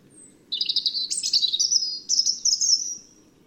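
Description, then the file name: European robin singing a high, sparkling phrase of quick warbled trills and thin whistles, a lower run then a brighter, higher stretch, lasting about two and a half seconds. "Erithacus rubecula"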